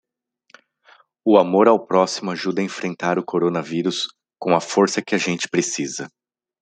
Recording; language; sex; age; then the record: spoken sentence; Brazilian Portuguese; male; 40 to 49 years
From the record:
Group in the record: control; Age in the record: 42 years